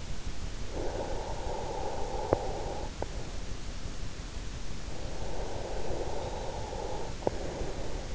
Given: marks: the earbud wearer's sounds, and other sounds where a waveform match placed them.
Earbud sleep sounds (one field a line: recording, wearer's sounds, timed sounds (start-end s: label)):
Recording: sounds in sleep by an in-ear microphone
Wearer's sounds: breath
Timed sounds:
0.80-3.19 s: breath
5.01-8.15 s: breath